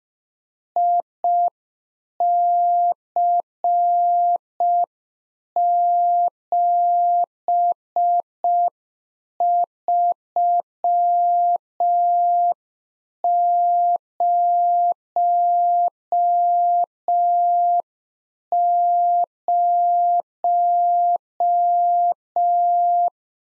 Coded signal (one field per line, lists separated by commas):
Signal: Morse code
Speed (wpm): 5 wpm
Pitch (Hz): 700 Hz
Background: none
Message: IC7300